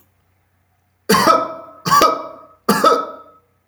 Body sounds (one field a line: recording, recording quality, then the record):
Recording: shallow voluntary cough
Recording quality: excellent, no background noise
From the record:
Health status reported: healthy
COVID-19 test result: negative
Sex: male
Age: 27 years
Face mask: not worn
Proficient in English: yes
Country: India